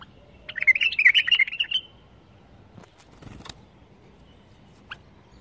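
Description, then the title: Bulbul song: one quick burst of bright, warbling notes lasting about a second, followed by a few faint clicks and a short note. "اجمل تغريد بلبل بدون اخطاء بلبل طور"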